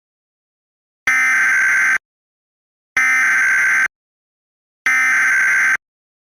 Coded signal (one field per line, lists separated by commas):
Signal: Emergency Alert System (SAME) tones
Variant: header bursts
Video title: EAS Mock/Sneak Peak - Deadly Supernova